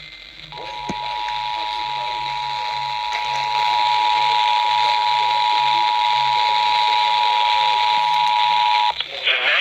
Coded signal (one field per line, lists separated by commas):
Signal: Emergency Alert System (SAME) tones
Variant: 853 and 960 Hz attention tone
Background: speech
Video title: ILN SVR over WIHO FM (EAS 384)